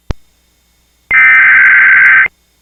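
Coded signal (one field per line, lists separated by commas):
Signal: Emergency Alert System (SAME) tones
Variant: header bursts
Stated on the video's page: Recreated mock Flash Flood Warning relayed via EMNet on a fictional cable system, using an MHz Star-8 / VDS 840 alert screen.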